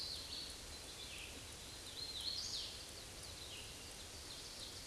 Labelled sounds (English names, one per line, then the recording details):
Hooded Warbler song
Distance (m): 50 m
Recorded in a Pennsylvania forest on 18 May 2023 at 06:08
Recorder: AudioMoth, point grid1_7_low
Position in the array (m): 166 m, 113 m